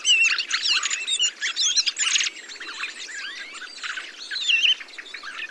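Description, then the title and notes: A gathering of thrushes giving rapid squeaky calls and warbled notes, loud at first and then softer, scattered phrases. 22 November 2020, Montagne du Puy, Drôme; large mixed flock of mistle thrushes, song thrushes, redwings, fieldfares and some blackbirds feeding on abundant berries under blue sky, jointly watching for sparrowhawk and goshawk; Nagra Seven, Telinga parabola. "POT-POURRI DE GRIVES. 22 novembre 2020-Montagne du Puy - Drôme. Grives draine, musicienne, mauvis et litorne plus quelques merles"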